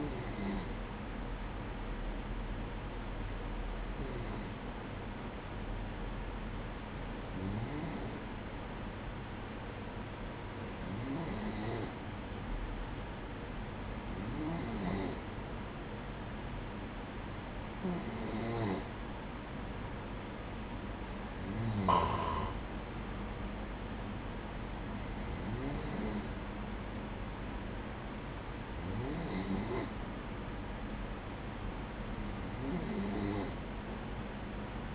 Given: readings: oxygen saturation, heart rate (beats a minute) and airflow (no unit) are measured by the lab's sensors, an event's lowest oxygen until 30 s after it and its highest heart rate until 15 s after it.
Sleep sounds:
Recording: breathing in sleep by a voice recorder at the bedside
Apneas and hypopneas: none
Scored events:
none scored
From the record:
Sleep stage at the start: N2 (light sleep)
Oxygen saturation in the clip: 94 to 96%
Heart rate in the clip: 57 to 61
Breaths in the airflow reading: 10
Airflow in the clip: -10.3 to 8.4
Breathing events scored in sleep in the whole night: 180 in 6.7 hours asleep

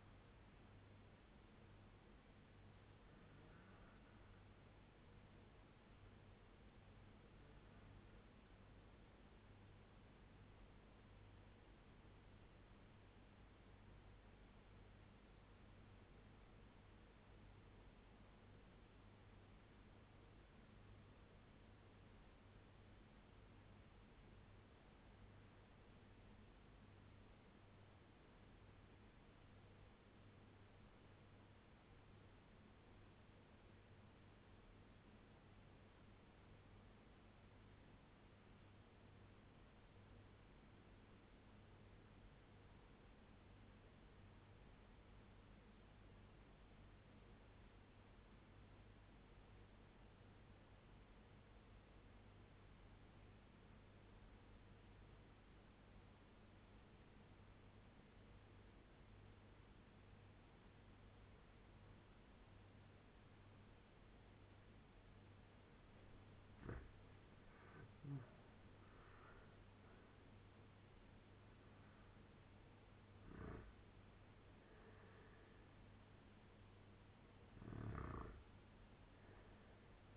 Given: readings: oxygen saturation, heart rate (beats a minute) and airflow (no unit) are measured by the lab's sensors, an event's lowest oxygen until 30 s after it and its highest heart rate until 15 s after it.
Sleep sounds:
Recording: breathing in sleep by a voice recorder at the bedside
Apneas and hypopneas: 1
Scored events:
8.00-67.40 s: obstructive apnea (N1, oxygen 97% highest, then 81% lowest, heart rate 82 at the start, 96 highest)
From the record:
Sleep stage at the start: N1 (lightest sleep)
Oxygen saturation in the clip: 81 to 97%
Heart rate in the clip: 79 to 96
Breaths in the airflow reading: 4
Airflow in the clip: -9.0 to 7.7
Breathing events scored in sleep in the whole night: 201 in 6.5 hours asleep

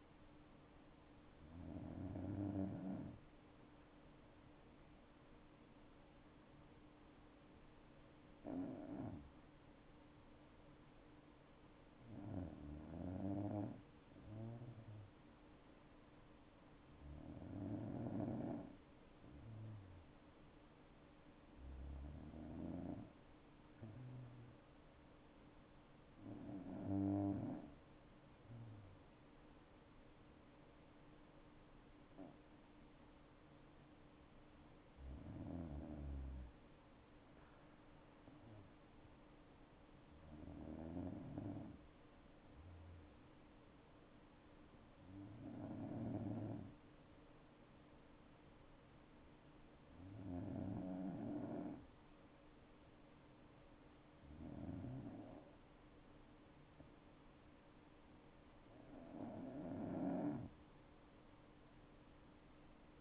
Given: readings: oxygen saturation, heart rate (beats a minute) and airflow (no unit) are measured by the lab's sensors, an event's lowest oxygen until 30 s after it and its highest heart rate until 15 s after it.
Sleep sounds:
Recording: breathing in sleep by a voice recorder at the bedside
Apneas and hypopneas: 1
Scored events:
9.00-36.10 s: hypopnea (N2, oxygen 97% highest, then 95% lowest, heart rate 62 at the start, 69 highest)
From the record:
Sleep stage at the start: N2 (light sleep)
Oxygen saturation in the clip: 95 to 97%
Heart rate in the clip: 59 to 69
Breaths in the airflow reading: 13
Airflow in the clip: -5.8 to 8.3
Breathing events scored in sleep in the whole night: 228 in 5.4 hours asleep

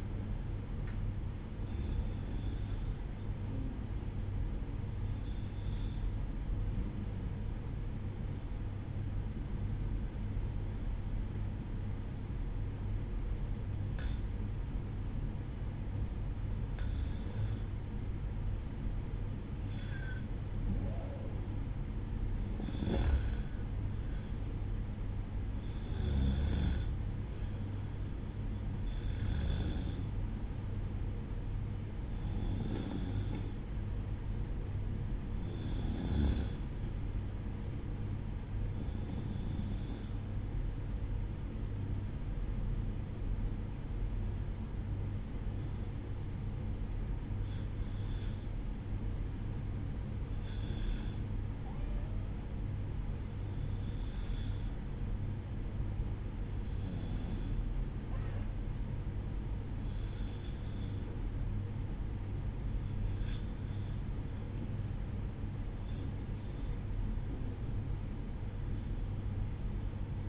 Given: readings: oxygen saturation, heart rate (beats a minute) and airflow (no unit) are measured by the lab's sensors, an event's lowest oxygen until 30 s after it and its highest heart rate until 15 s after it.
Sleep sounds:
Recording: breathing in sleep by a smartphone at the bedside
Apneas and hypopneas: 1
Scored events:
6.00-18.70 s: obstructive apnea (REM, oxygen 95% highest, then 94% lowest, heart rate 62 at the start, 65 highest)
From the record:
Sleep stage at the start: REM sleep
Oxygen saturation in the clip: 94 to 95%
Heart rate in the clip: 60 to 65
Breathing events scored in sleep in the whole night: 305 in 9.6 hours asleep

